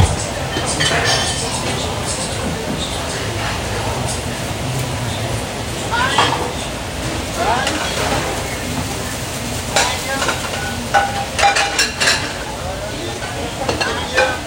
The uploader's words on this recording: Sunday breakfast out in Phoenix, Arizona. The sounds of the kitchen preparing meals, dishes and utensils clanging about, and some light conversation from the cooks. Restaurant sounds.